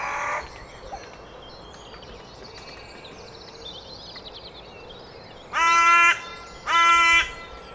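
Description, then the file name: Carrion crow, two loud grating caws near the end after one clipped caw at the start, with songbirds twittering throughout. "Corvus corone"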